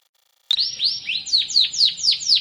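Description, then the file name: Canary song beginning abruptly with a sweeping whistle, then clear downslurred notes repeated about four times a second. Canary of the Sekar Jagad variety. "kenari sekar jagad"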